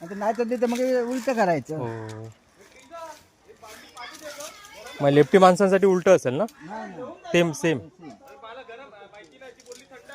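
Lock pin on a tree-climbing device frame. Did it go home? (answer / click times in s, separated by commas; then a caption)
yes / 9.7 s. Someone talks while handling a coconut-tree climbing device, then fits the lock pin on its frame. A short click at 9.7 s marks the lock engaging and seating.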